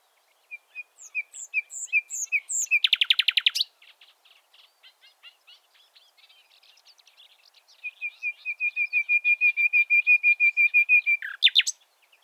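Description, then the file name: Common nightingale song: spaced whistled notes quickening into a buzzy rattle, soft twitters, then a long even series of repeated piping notes ending in a sharp flourish. "Luscinia megarhynchos"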